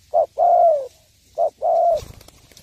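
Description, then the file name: Spotted dove giving two phrases, each a short coo and a longer falling one, ending with a scraping rustle. "tieng cu dat gay"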